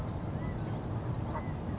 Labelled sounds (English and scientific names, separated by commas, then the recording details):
California Quail (Callipepla californica)
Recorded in Sonoma County, California